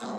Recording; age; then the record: pig call; piglet (1 to 25 days)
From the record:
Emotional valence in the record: negative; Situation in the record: short isolation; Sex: male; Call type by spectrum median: low-frequency call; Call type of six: low-frequency tonal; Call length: 0.20 s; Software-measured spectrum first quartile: 300 Hz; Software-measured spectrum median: 642 Hz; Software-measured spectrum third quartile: 1215 Hz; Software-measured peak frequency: 224 Hz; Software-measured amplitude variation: 71 dB a second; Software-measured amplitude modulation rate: 17.7 a second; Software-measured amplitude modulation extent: 4.0 dB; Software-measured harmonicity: 1.3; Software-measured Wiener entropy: -0.48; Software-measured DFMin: 1059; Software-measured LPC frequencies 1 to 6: 690, 1217, 3938, 5051, 6323, 7668 Hz